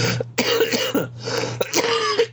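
human body sound, coughing

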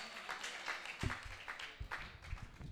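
crowd, audience applause

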